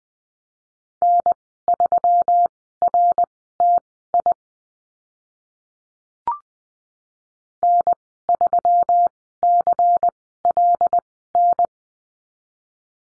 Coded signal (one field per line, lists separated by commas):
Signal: Morse code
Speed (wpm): 20 wpm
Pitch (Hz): 700 Hz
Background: none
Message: N3RTI N3CLN